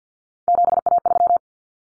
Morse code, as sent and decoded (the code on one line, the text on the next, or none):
--... .- ...--
7A3